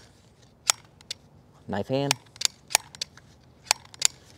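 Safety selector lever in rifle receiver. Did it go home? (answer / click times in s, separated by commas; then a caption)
yes / 2.4 s, 2.8 s, 3.7 s, 4.0 s. On a 2024 Pioneer Arms 556 Sporter underfolder AK rifle, the steel safety selector lever in the receiver, loosened after being over-tight, is flipped between positions with sharp metallic clicks, and someone talks briefly. The selector clicks into its detent at 2.5, 2.8, 3.7 and 4.1 seconds, falling into place with a clean click.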